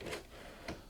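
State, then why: Not seated. A diskette drive that had popped out of an IBM PS/2 P70 Portable computer is pushed back into its drive bay, making small knocks at about 0.0 and 0.7 seconds. The drive does not lock into position, and nothing has seated or clicked.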